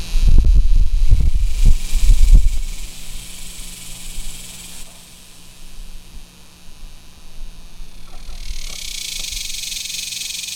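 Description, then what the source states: Cicada buzz, a high hissing drone heard early, quieter in the middle, then swelling again toward the end; loud low thumps crowd the first few seconds. Recorded in summer.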